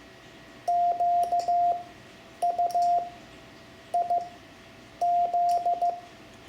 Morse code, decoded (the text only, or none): QUIZ